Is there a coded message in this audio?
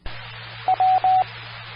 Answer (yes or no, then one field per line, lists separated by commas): no